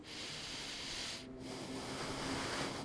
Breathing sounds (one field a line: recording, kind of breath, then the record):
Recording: one breath in and out by a microphone near the nose and mouth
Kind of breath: deep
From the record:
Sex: male